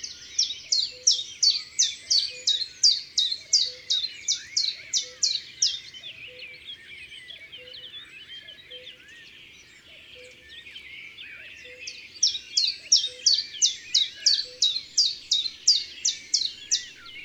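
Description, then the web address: Common chiffchaff singing two runs of bright repeated notes, each lasting several seconds, separated by a pause filled with quieter twittering from other birds. "Le pouillot veloce. cuicui et compagnie"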